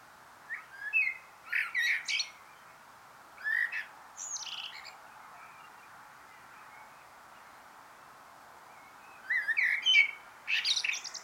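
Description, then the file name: Common blackbird singing: several short phrases of low, mellow whistles and high, scratchy twitters, a long pause, then a final warbled phrase. "Turdus merula"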